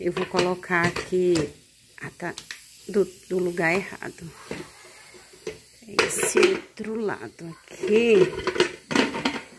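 While cooking over a wood fire, a cookware piece is handled at its holder on a wood stove, first at the wrong side and then turned to the other side, as someone talks. Brief knocks come at about 5.5, 6.0, 8.9, 9.3 and 9.6 seconds. Nothing has seated or clicked into place yet.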